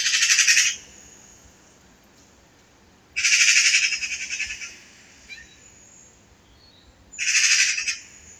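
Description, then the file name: Eurasian magpie rattling harshly in three separate bursts, each a rapid run of grating notes, with quiet gaps between. "Pica pica"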